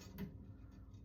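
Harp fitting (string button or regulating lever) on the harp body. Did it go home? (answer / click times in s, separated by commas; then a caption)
no / none. During restringing and regulation of a wooden Dusty Strings harp, a small fitting on the harp body, a string button or regulating lever, is pressed to lock it into place. A faint tick sounds at about 0.2 s over a low, steady background. The attempt fails, and nothing has locked or seated into place yet.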